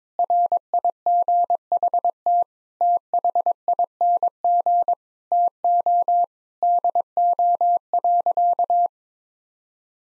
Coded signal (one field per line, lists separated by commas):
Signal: Morse code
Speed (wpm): 22 wpm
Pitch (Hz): 700 Hz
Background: none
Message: RIGHT THING TO DO.